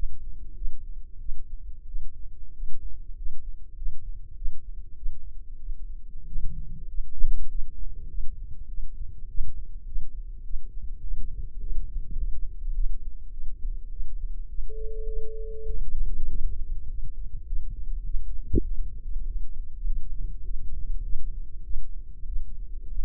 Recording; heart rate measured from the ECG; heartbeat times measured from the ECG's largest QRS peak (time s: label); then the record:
heart sounds by microphone in the left ear; 99 bpm
0.53 s: heartbeat
1.17 s: heartbeat
1.84 s: heartbeat
2.51 s: heartbeat
3.13 s: heartbeat
3.74 s: heartbeat
4.33 s: heartbeat
4.94 s: heartbeat
5.58 s: heartbeat
6.23 s: heartbeat
6.86 s: heartbeat
7.46 s: heartbeat
8.06 s: heartbeat
8.66 s: heartbeat
9.25 s: heartbeat
9.83 s: heartbeat
10.41 s: heartbeat
11.00 s: heartbeat
11.58 s: heartbeat
12.15 s: heartbeat
12.72 s: heartbeat
13.30 s: heartbeat
13.88 s: heartbeat
14.46 s: heartbeat
15.05 s: heartbeat
15.65 s: heartbeat
16.27 s: heartbeat
16.86 s: heartbeat
17.44 s: heartbeat
18.03 s: heartbeat
18.63 s: heartbeat
19.24 s: heartbeat
19.84 s: heartbeat
20.42 s: heartbeat
21.02 s: heartbeat
21.62 s: heartbeat
22.25 s: heartbeat
22.87 s: heartbeat
From the record:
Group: healthy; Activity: rest 0-14 s, light exercise 14-23 s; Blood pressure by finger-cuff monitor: 124/86 mmHg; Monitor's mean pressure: 98 mmHg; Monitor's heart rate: 100 bpm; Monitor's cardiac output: 7 L/min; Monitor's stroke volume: 72 mL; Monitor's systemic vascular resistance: 1040 dyn s/cm5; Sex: male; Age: 21 years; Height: 180 cm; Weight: 67.5 kg